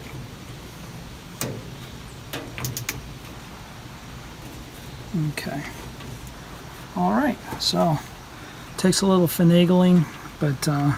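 On a second attempt, a notched plastic battery cap is worked into a grill's push-button igniter housing, with several sharp clicks as it is fitted. The cap locks into place at 2.9 s, and afterwards someone talks.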